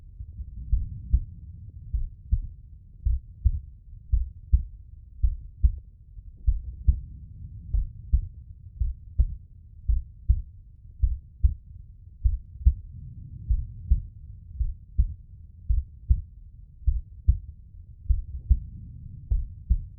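A slow, steady adult heartbeat of low, muffled thumps in paired lub-dub beats, about 52 a minute, over a soft low hum. It is a calm, regular heart rhythm.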